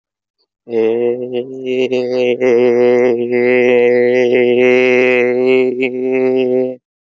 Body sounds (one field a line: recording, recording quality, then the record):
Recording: sustained vowel as in made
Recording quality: excellent, no background noise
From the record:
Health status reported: COVID-19 positive, mild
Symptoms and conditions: sore throat, loss of smell and taste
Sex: male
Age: 24 years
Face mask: not worn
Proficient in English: yes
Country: India